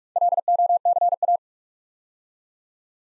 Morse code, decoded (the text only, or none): LOCA